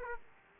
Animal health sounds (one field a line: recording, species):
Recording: mosquito wingbeat signal from an infrared sensor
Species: Aedes aegypti